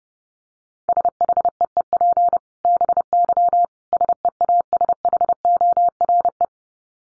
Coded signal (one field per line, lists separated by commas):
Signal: Morse code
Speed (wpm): 30 wpm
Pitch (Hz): 700 Hz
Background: none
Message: SHEEP BY SEASHORE